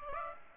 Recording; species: mosquito wingbeat signal from an infrared sensor; Aedes aegypti